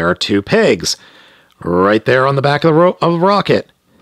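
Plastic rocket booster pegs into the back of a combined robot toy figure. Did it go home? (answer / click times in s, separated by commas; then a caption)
no / none. A plastic rocket booster piece for a Magic Classroom Transforming Space Morphers Combiner 5-in-1 Space Explorer Team toy is being handled, with its two pegs about to press into the back of the combined robot figure. Someone talks throughout. Nothing has seated or clicked yet.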